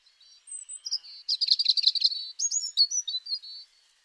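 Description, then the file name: European robin song, a varied high phrase: thin whistled start, a dense rapid rattle of notes in the middle, then sweet whistles, background otherwise quiet. "Erithacus rubecula"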